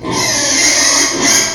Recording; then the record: squeal of a Yucatan mini pig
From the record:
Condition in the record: before surgery on the right vocal fold (resection and tissue-engineered implant); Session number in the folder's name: 2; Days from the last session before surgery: 0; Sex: male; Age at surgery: 12 weeks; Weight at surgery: 13 kg